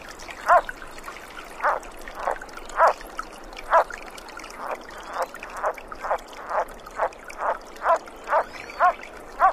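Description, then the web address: Sierra Nevada yellow-legged frog calling with many short clucking notes repeated at an irregular pace. North America. "Songs of Frogs Toads of North America. Sierra Nevada Yellow-legged Frog"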